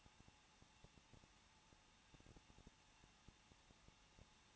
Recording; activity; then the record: daily activity, microphone in the room; no activity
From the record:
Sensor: 1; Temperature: 20.1 degrees Celsius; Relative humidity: 39.1%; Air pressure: 1006.4 hPa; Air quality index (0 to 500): 216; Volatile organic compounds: 73 ppm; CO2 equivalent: 3549 ppm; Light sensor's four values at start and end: 1/2/1/1 and 1/2/1/1